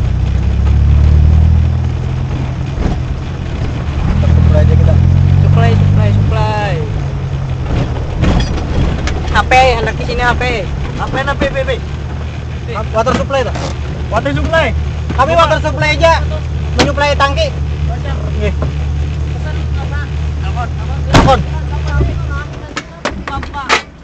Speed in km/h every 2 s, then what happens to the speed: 17, 22, 20, 27, 16, 9, 5, 0, 0, 0, 0, 0.
0-7 steady at about 20. 7-13 brakes to 0. 13-24 standing.